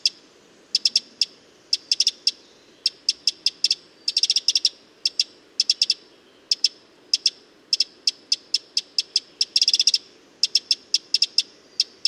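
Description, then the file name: Eurasian wren giving sharp, dry tick calls, singly and in quick clustered bursts, repeated steadily throughout over a low background hiss. "Troglodytes troglodytes"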